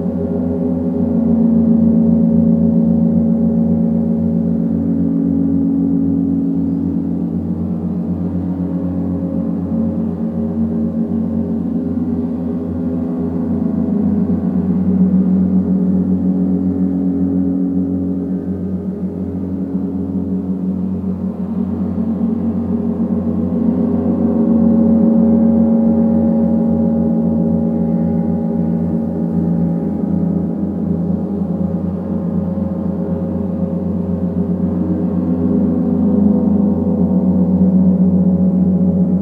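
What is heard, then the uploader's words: A gong bath plays with deep, sustained tones that hum and shimmer continuously, the pitch bands swelling and fading in slow waves every several seconds. The sound sits low, warm and dense, with no sharp strikes standing out and nothing else in the background. Pure Gong Bath.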